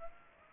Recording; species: mosquito wingbeat signal from an infrared sensor; Aedes aegypti